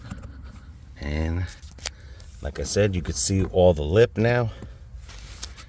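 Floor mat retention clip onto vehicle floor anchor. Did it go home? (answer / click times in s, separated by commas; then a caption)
yes / 1.9 s. A HOUCLEMIC TPE all-weather floor mat for a 2023–2026 Honda Pilot has its retention lock lined up with the vehicle's floor anchor and pressed down. A sharp snap is heard at 1.9 s as the lock seats, and someone talks before and after. The mat is locked in place.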